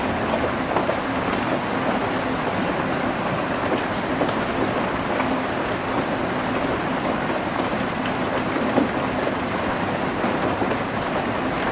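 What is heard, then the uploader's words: Rain falls in a dense, unbroken hiss for the whole stretch, over a low steady machine hum, with a brief brighter tick near nine seconds. The only 24-hour coffee shop on the island. The hypnotic ensemble of raindrops and coffee machines.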